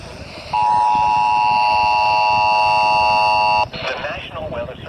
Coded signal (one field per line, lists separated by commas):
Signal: Emergency Alert System (SAME) tones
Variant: 853 and 960 Hz attention tone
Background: speech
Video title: EAS/NWR Alert or message #171-173: Severe Thunderstorm Warnings